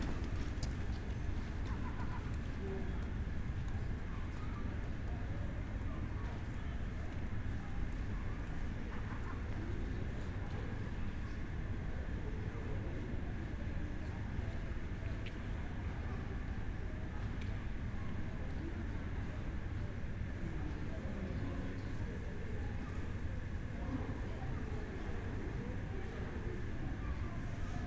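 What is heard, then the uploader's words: A walk through the historic city of Bath, filled with a steady, dense rumble of traffic that holds at an even level throughout. Scattered voices and small sounds surface in the mix, and a faint steady tone runs underneath the whole time. Binaural Roman City Walk | City of Bath. Walk through the historic city of Bath.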